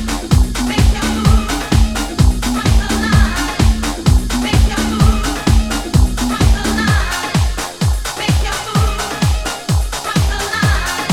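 Dance music plays at the bumper cars, driven by a steady, pounding kick drum that lands about twice a second throughout. A deep bass line and bright, busy hi-hats fill the rest, with a dense, unchanging groove that shifts only slightly in its low notes past the midpoint.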